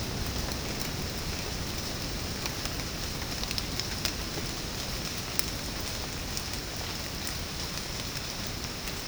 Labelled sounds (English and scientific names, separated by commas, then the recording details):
none
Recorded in secondary vegetation near Puerto Asís, Putumayo, Colombia, on 12 March 2025 at 09:00
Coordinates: 0.481, -76.318
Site G097